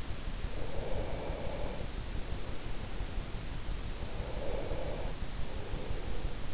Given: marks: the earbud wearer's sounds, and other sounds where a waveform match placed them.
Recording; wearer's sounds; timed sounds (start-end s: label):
sounds in sleep by an in-ear microphone; breath
0.26-2.98 s: breath
3.63-6.21 s: breath